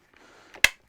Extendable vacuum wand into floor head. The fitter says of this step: no problem there big click